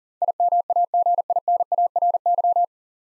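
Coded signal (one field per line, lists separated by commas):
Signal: Morse code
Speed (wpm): 40 wpm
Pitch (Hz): 700 Hz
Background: none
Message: IMAGINARY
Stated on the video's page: Morse practice of nine-letter words at 40 wpm, each sent, then spoken, then sent again.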